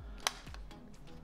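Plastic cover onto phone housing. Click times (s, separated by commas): 0.3 s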